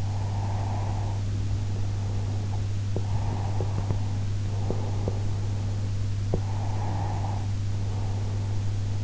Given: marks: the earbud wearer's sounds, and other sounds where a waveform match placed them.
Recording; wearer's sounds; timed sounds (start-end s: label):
sounds in sleep by an in-ear microphone; breath
0.21-2.78 s: breath
3.01-5.64 s: breath
6.58-9.04 s: breath